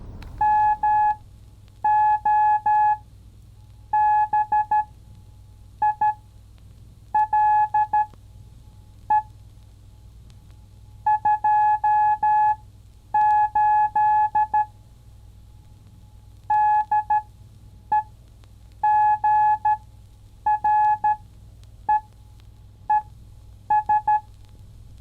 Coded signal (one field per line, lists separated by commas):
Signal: Morse code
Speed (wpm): 13 wpm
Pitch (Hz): 850 Hz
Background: none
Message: MOBILE 28 DEGREES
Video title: The Giant Blind Buy Contest